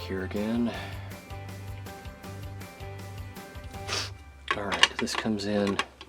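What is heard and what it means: A plastic model kit part for an Agora Models Optimus Prime robot figure is handled and brought to the assembly while someone talks over background music, with a few short sharp handling taps near the end. The part has not yet gone home; nothing has seated or clicked into place by the end of the clip.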